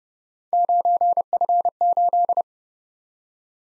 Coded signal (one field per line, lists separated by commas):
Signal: Morse code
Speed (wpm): 28 wpm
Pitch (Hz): 700 Hz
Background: none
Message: 9F8